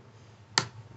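A plastic throttle lever assembly, with its small orange lever and spring, is pressed with both hands into the handle housing of a Stihl TS 400 concrete saw. A single sharp, bright click sounds at 0.6 s over a quiet low hum, and the throttle lever snaps into place, seated.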